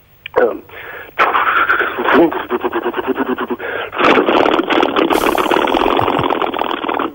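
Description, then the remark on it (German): A voice imitates the large-displacement V8 engine of an old American Plymouth Barracuda starting: a short sputtering burst, then a loud, steady throaty rumble with rapid pulsing that rises after a brief dip and keeps going for several seconds. “Das ist ein alter amerikanischer Wagen mit einem großvolumigen V8-Motor. Und wenn man den startet, hört sich das zum Beispiel dann so an.”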